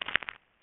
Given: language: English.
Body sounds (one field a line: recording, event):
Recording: throat vibration sensor signal played as sound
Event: swallow